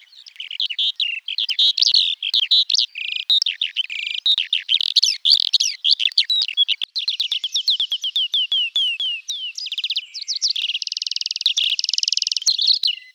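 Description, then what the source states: Bird song, a long, fast sequence of varied chirps and slurred notes, ending in buzzy, trilled phrases. Song unit 22.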